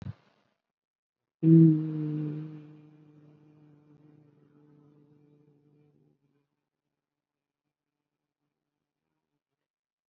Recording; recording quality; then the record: sustained vowel as in beet; excellent, no background noise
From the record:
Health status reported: COVID-19 positive, moderate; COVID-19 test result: positive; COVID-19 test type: RT-PCR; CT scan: not taken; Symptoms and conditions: breathing difficulty, fatigue, muscle pain, hypertension, diabetes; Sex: female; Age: 86 years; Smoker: no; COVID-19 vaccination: none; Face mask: worn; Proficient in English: no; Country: India